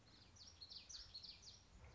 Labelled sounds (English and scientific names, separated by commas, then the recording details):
Common Yellowthroat (Geothlypis trichas)
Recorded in Sonoma County, California